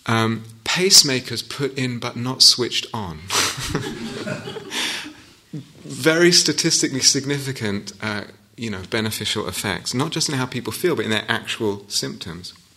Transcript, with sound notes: Pacemakers put in but not switched on. [laughter] Very statistically significant, beneficial effects, not just in how people feel but in their actual symptoms.